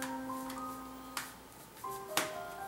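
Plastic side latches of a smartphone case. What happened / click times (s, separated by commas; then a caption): Plastic latches click open / 0.0 s, 1.2 s, 2.2 s. A guitar pick is run along the side of a Nokia Lumia 1020 smartphone to release three plastic side latches on its housing. Three sharp ticks are heard at 0.0, 1.2 and 2.2 seconds over steady tonal music. The plastic latches click open and the housing is released.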